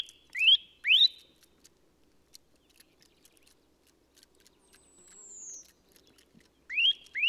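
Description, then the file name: Eurasian nuthatch calls: two upward-sweeping whistles, a gap with a thin descending whistle, then two more rising notes at the end. "Sitta europaea"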